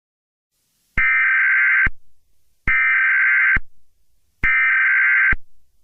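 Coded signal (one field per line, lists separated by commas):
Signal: Emergency Alert System (SAME) tones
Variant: header bursts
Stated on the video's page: Fictional EAS scenario; simulated, not a real activation.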